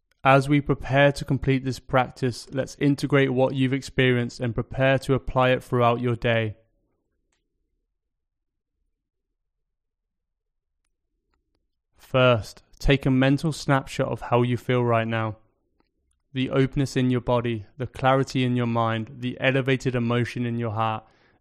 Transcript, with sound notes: As we prepare to complete this practice, let's integrate what you've experienced and prepare to apply it throughout your day. [Pause 5 seconds] First, take a mental snapshot of how you feel right now – the openness in your body, the clarity in your mind, the elevated emotion in your heart.